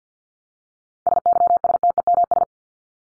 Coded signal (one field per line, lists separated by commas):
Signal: Morse code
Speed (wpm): 50 wpm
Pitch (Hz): 700 Hz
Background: none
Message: SYSTEMS